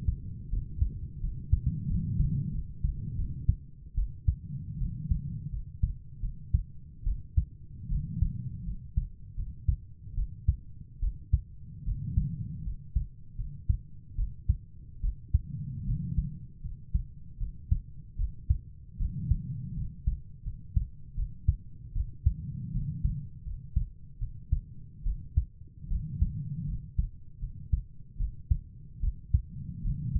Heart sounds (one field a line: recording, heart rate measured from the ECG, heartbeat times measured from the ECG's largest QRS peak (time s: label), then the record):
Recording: heart sounds by stethoscope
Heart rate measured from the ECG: 78 bpm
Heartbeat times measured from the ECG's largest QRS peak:
0.50 s: heartbeat
1.21 s: heartbeat
1.88 s: heartbeat
2.52 s: heartbeat
3.16 s: heartbeat
3.96 s: heartbeat
4.79 s: heartbeat
5.51 s: heartbeat
6.21 s: heartbeat
7.05 s: heartbeat
7.89 s: heartbeat
8.65 s: heartbeat
9.36 s: heartbeat
10.16 s: heartbeat
11.01 s: heartbeat
11.85 s: heartbeat
12.64 s: heartbeat
13.37 s: heartbeat
14.16 s: heartbeat
15.02 s: heartbeat
15.86 s: heartbeat
16.62 s: heartbeat
17.39 s: heartbeat
18.17 s: heartbeat
18.98 s: heartbeat
19.75 s: heartbeat
20.44 s: heartbeat
21.16 s: heartbeat
21.94 s: heartbeat
22.73 s: heartbeat
23.44 s: heartbeat
24.20 s: heartbeat
25.04 s: heartbeat
25.89 s: heartbeat
26.66 s: heartbeat
27.40 s: heartbeat
28.18 s: heartbeat
29.01 s: heartbeat
29.83 s: heartbeat
From the record:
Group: healthy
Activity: breath hold 0-1 s, rest 1-30 s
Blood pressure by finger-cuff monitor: 118/67 mmHg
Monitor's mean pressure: 82 mmHg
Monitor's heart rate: 78 bpm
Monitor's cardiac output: 6.8 L/min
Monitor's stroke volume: 87 mL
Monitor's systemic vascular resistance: 880 dyn s/cm5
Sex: female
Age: 22 years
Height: 160 cm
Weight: 63 kg